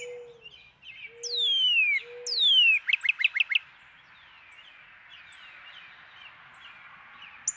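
Northern cardinal song: two long, loud whistles sliding steeply downward, then a quick run of five short slurred notes, with soft low cooing alongside and other birds chirping behind.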